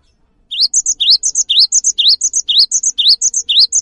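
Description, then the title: Cinereous tit giving a brisk repeated phrase of a rising whistle followed by two higher clipped notes, cycled steadily about twice per second. Actively singing bird giving its long 'wucit' song style, said to draw other birds of its kind into singing along. "GELATIK BATU GACOR WUCIT PANJANGNYA BIKIN GELATIK LAIN JADI TERPANCING UNTUK IKUT BUNYI"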